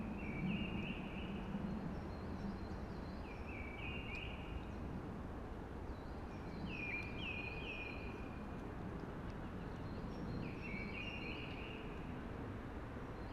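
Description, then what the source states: Eurasian blackbird singing short fluted warbling phrases every few seconds with faint higher twitters, over a steady broad hiss of wind in trees. Early singing among conifers, which are hushing.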